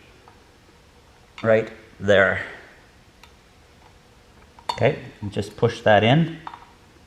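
During a UTV clutch repair, a spring-loaded part is being handled with its spring ends positioned in their spot, ready to be pushed into the clutch assembly by hand. Someone talks, with a few faint ticks in the background. Nothing has seated or clicked yet.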